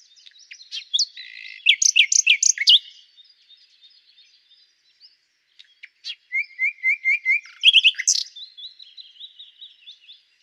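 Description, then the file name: Common nightingale song mixing throaty chuckles, a loud pulsed series, a brief gap, then evenly repeated piping notes and a whistle. "Luscinia megarhynchos"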